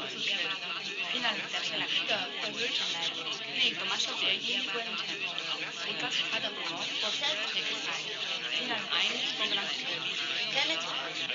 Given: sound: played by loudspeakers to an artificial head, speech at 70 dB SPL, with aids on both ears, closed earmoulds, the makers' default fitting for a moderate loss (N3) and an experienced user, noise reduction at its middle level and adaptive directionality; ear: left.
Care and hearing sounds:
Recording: speech test signal (ISTS) in cocktail-party noise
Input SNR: -3 dB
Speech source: in front (0 degrees)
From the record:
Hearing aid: class 1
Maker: G

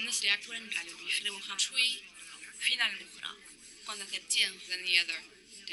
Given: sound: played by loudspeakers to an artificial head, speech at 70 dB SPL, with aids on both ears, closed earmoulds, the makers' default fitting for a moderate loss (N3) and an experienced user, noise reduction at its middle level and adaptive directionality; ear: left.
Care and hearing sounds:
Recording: speech test signal (ISTS) in cocktail-party noise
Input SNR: +3 dB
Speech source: in front (0 degrees)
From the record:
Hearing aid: class 2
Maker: J

